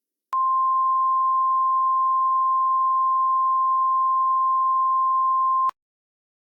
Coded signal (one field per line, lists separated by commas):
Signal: Emergency Alert System (SAME) tones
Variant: 1050 Hz attention tone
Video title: EAS Scenario: Under the Moon's Light Part 1